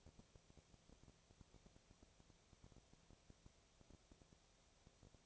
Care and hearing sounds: daily activity, microphone in the room; no activity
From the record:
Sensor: 1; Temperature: 19.6 degrees Celsius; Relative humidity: 36.5%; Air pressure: 996.9 hPa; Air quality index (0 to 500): 204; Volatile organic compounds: 128 ppm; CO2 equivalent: 3916 ppm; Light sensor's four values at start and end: 1/2/1/1 and 1/2/1/1

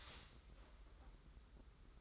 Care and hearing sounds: daily activity, microphone in the room; start toaster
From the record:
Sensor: 3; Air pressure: 991.6 hPa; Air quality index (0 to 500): 182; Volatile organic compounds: 1000 ppm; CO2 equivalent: 6080 ppm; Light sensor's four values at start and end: 41/118/48/42 and 41/118/48/42

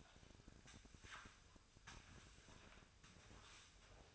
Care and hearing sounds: daily activity, microphone in the room; sweep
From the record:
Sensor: 2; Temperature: 24.5 degrees Celsius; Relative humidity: 39.5%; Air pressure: 1003.0 hPa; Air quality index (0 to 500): 199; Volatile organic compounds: 6 ppm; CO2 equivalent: 1891 ppm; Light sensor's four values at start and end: 13/31/13/14 and 13/31/13/14

